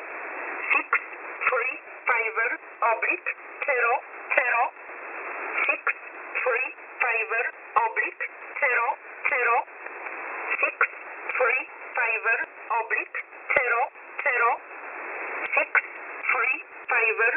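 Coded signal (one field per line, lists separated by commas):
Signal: numbers station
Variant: E11 Oblique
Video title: E11 Oblique 01/11/2022 0715 UTC 9130kHz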